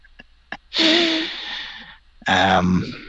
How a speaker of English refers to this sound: Did you just hear that booger whistle noise? I heard something weird. You didn't have to tell me it was a booger, and I would have just thought it was a weird noise, but thanks. Well, it made a non-booger noise.